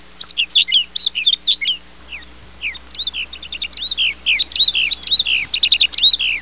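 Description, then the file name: Bird calls: rapid, high chirps and slurred twittering notes in bursts, some quickly repeated in short trills, with a faint low hum underneath. "oiseau"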